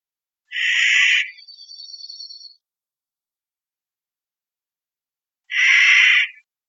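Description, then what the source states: Clark's nutcracker calls: a harsh, grating squawk trailing into a thin buzzy note, then another harsh squawk five seconds later. Recorded 5 July 2002.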